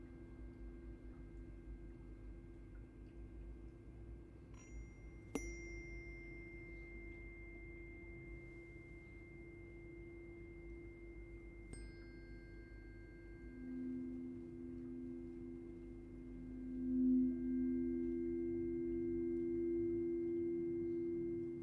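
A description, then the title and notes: Tuning forks ring in long, steady pure tones, two low pitches sounding together with fainter high tones above. Sharp metallic strikes land near five and twelve seconds, and from about fourteen seconds the low tones swell louder and beat against each other before settling. Multiple forks can be held to create complex frequencies for new experiences. In this track she held one or two forks at the same time- sometimes in one ear, sometimes in both- creating this enveloping sound that pierces the brain.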